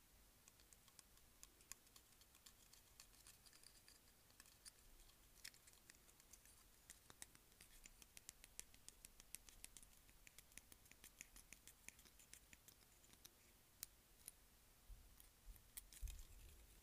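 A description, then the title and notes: Hair clips being handled, with a steady stream of small, sharp plastic clicks and snaps scattered irregularly throughout. The ticks are bright and brief, sometimes clustered in quick bursts, over a quiet low hiss. A slightly louder handling rustle comes near the end. ASMR: Hair Clips.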